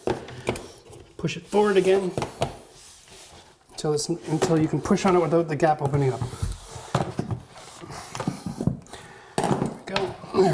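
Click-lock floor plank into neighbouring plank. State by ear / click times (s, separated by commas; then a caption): seated / 10.0 s. A click-lock floor plank is pushed forward and down into its neighbouring plank until the gap stops opening, with someone talking and several knocks and taps along the way. The plank clicks into place at 10.0 s, and it is seated.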